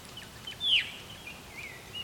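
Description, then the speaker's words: Veery call: a single loud, sharply downslurred 'veer' note falling from high to mid pitch, with faint bird notes in the background. Recorded very close; the call the species is named for; bird calling energetically, opening its wings as it called. "I don't think I've ever recorded a veery this close before."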